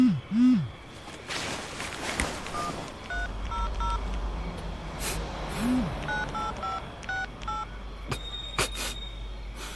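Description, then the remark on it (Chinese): A phone text message alert for a message from a woman rings out as a string of short, clipped electronic beeps in two quick bursts, bright dual-tone pips over a low steady hum and faint background noise. “谁的短信？”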